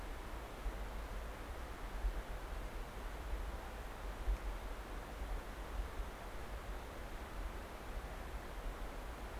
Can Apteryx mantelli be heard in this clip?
no